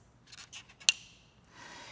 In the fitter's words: slide the cover down to open the device until it clicks like this